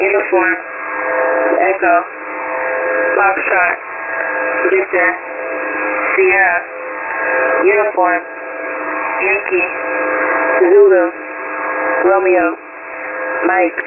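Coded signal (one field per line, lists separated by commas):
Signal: coded military voice message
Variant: Emergency Action Message, English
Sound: a single voice reading phonetic-alphabet letters in evenly spaced groups over narrowband radio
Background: radio static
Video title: US Emergency Action Messages for February 02 2023 – A very special episode presented by Donald Trump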